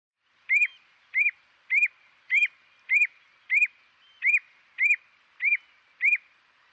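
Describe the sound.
Bird call: a clear, arched whistled note repeated evenly about every two thirds of a second, ten times, with no other sounds.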